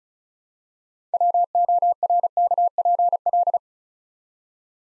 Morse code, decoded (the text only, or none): WORKPL